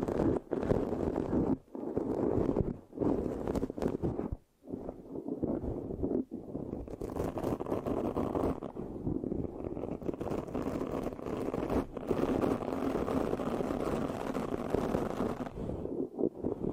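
Microphone scratching fills the clip with a dense, rough rubbing that stays mostly low and muddy, with brighter crackle above. It runs nearly continuously but breaks off in short gaps around 1.5, 2.8, 4.5, 6.2 and 12 seconds, then resumes at similar strength.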